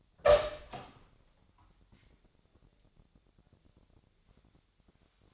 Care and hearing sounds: daily activity, microphone in the room; open door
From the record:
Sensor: 3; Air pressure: 1007.3 hPa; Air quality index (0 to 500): 200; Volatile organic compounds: 16 ppm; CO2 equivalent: 2562 ppm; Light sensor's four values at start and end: 12/29/12/12 and 13/30/12/13

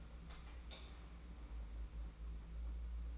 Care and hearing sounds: daily activity, microphone in the room; light on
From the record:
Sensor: 1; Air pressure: 991.9 hPa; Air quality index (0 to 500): 213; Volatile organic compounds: 1000 ppm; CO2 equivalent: 8279 ppm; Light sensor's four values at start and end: 10/22/9/10 and 12/32/13/13

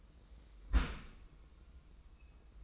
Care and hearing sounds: daily activity, microphone in the room; close dishwasher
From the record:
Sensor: 1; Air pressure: 990.5 hPa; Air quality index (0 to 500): 178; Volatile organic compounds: 1000 ppm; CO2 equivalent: 6547 ppm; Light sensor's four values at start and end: 26/61/26/28 and 26/61/26/28

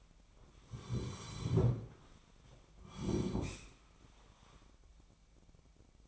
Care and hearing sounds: daily activity, microphone in the room; sit down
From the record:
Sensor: 1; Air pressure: 1009.4 hPa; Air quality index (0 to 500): 181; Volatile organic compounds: 3 ppm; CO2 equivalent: 1530 ppm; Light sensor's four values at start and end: 45/118/49/59 and 46/122/50/60

